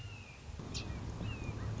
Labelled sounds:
Red-shouldered Hawk
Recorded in Sonoma County, California

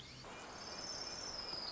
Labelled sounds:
Orange-crowned Warbler
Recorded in Sonoma County, California

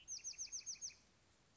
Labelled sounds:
Bewick's Wren
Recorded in Sonoma County, California

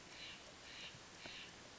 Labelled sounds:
Steller's Jay
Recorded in Sonoma County, California

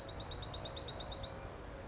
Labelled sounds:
Bewick's Wren
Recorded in Sonoma County, California

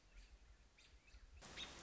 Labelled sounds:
American Robin
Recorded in Sonoma County, California

